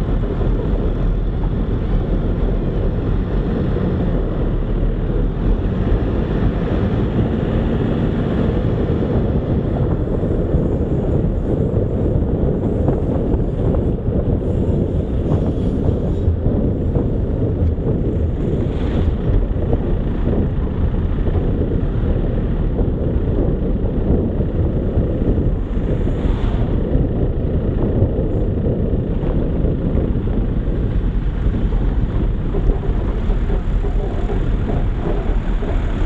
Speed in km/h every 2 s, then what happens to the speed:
24, 26, 28, 35, 40, 39, 37, 32, 29, 26, 27, 27, 27, 24, 21, 15, 14, 13.
0-9 speeds up to 40. 9-17 slows to 26. 17-24 steady at about 27. 24-36 slows to 13.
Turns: none.